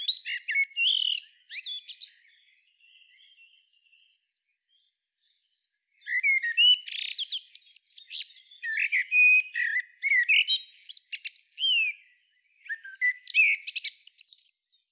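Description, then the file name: Common blackbird producing rapid high squeaks and twitters in three loud bouts, separated by quiet gaps with a few soft thin notes. "Turdus merula"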